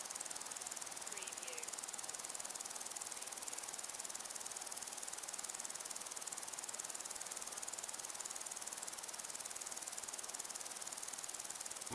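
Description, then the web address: Cricket chorus of fast, high-pitched pulsing, slightly uneven, with a few brief faint chirps early on and a steady hiss. Crickets with other insects, in long grass on a windy day. "beanstalk-audio Crickets and insects in windy long grass"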